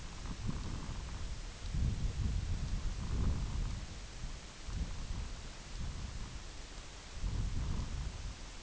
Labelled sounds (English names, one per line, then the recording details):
none
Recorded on Arctic tundra, site IGLO-F, on 22 June 2018
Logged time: 04:00